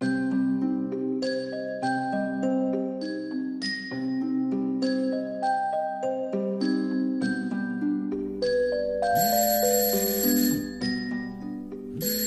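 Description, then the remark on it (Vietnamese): A phone alarm ringtone from a phone at the head of a bed plays a bright, repeating melody of chime-like tones at a steady rhythm, growing busier with a shimmering, higher layer near the end. “Đang mơ màng ngủ, tôi bị đánh thức bởi tiếng chuông báo từ cái điện thoại để ở đầu giường.”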